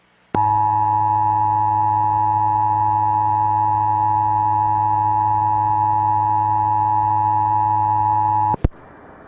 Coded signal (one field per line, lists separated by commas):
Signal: Emergency Alert System (SAME) tones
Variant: 853 and 960 Hz attention tone